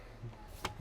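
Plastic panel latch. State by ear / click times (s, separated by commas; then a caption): seated / 0.7 s. A folding car-boot basket's side panel is pushed up into its locked upright position. A single sharp click sounds at 0.6 s over a low, quiet background, and the side is locked in place.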